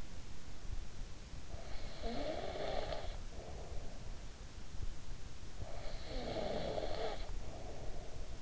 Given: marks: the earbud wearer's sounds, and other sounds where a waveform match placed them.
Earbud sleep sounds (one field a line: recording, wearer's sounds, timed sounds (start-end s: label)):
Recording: sounds in sleep by an in-ear microphone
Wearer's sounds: snoring breath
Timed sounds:
1.28-4.33 s: snoring breath
5.47-8.42 s: snoring breath